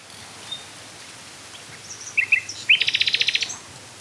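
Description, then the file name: Common nightingale singing: a few scattered high chirps, then a paired note and a fast, even, buzzy trill of about a dozen pulses lasting under a second. "Luscinia megarhynchos"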